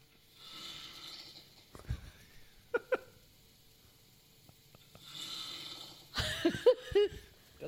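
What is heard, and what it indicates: An adult's snoring played back through a phone speaker: two drawn-out, rough, rumbling, long and laboured snoring breaths, about four to five seconds apart. The snoring is very loud, reaching about 52 decibels, loud enough to prevent sleep. Between and after the snores, listeners' brief voices and laughter are heard.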